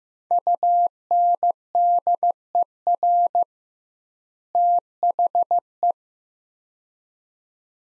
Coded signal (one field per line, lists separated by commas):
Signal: Morse code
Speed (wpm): 15 wpm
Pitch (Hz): 700 Hz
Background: none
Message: UNDER THE